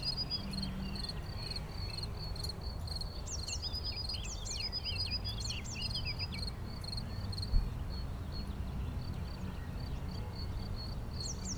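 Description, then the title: Cricket chirping, a high steady pulsed tone that fades out partway, while a short burst of scratchy twittering runs through the middle; low rumble and one brief click. Lone cricket, among the first of the season, singing for some days now in an intermittent, discontinuous way; Chindrieux, France. "Chindrieux, France - grillon seul"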